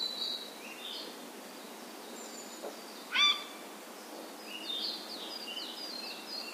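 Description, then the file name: Eurasian jay gives a single short, loud, harsh call with stacked harmonics, while other birds whistle high and thin in the background. "kakesu"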